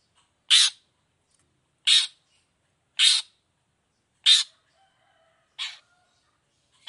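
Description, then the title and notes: Long-tailed shrike giving loud, harsh, rasping notes, one roughly every 1.2 seconds, six in all, with silence between them. Gacor cendet (long-tailed shrike) singing in the morning in the 'toet toet' style with varied notes and a clear voice, offered for other cendet to imitate. "Cendet Gacor Dor Di Kala Pagi Toet Toet Variasi Suara. Cendet Gacor Suara Jernih Full Variasi Sangat Mudah Di Tiru Cendet Jenis Apapun. Burung cendet"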